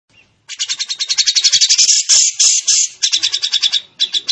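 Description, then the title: Bird song in a rapid, harsh, high-pitched chattering trill, notes tumbling quickly and merging into continuous buzzy bursts with short breaks. Training recording (masteran) of a bird's song. "masteran lengkapp"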